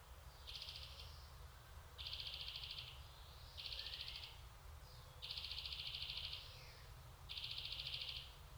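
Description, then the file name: European greenfinch making drawn-out buzzy wheezes, five long rasping bursts roughly a second apart, with a low steady rumble behind. "Chloris chloris"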